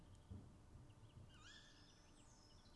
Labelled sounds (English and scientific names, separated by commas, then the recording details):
Tawny Owl (Strix aluco)
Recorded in Germany
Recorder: ecoPi